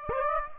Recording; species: mosquito wingbeat signal from an infrared sensor; Aedes aegypti